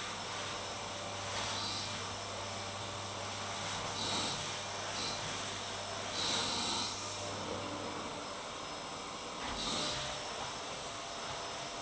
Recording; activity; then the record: daily activity, microphone in the room; vacuum cleaning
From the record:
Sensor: 3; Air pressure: 988.7 hPa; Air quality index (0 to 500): 201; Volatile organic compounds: 372 ppm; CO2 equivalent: 4624 ppm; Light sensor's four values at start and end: 22/71/29/25 and 22/70/29/25